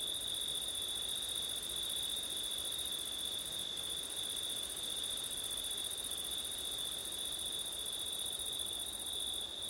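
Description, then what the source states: Cricket trilling, constant and high with an even shimmer, layered over gentle background wind. Crickets on a windy September night; ORTF stereo.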